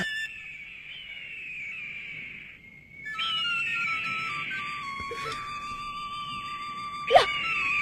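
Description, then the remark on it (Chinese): A grandfather plays a cheerful tune on an eagle flute: a bright melody of sustained, high, wavering notes that glide up and down, pausing briefly before resuming, with a sharp accent near the end and no talking. “别怕，爷爷吹的是欢乐的曲子，山鹰在和我们玩呢。”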